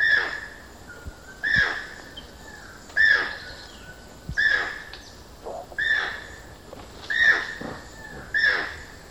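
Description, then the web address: Channel-billed toucan calling repeatedly, seven hoarse yelping notes at an even pace of roughly one every 1.4 seconds. Eastern lowlands of South America. "Natures Songs S America Eastern Lowlands. Channel-billed Toucan"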